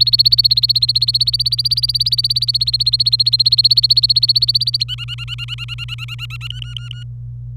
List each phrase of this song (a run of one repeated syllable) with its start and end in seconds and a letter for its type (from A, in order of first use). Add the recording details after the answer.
0.00-4.84 A, 4.88-6.47 B, 6.50-7.03 C. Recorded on 26 April 2018 at 10:00. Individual llb3